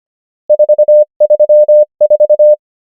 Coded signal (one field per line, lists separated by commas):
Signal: Morse code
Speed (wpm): 25 wpm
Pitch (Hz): 600 Hz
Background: none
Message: 4 3 4